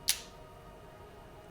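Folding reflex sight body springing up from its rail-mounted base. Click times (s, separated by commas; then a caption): 0.1 s. A small release lever on the side of a spring-loaded VISM Flip Dot folding red-dot sight, mounted on the rail of a Walcom S7 foam blaster, is pressed, and the sight body springs up from its base with a single sharp snap at 0.1 s. The sight flips fully open and turns on its red dot, followed by quiet room tone.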